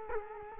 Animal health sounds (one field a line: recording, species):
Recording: mosquito wingbeat signal from an infrared sensor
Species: Culex quinquefasciatus